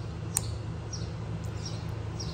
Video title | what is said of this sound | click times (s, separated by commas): How to Install a New Air Conditioning Line on a Jeep Renegade 2015 - 2018. DIY | And that's a good positive lock. | 0.4 s